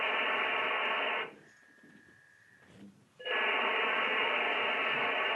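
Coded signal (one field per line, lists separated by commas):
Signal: modem data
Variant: V.29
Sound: dense rushing hiss, a brief pause with a steady tone, then hiss resumes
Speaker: that's what a v29 modem sounds like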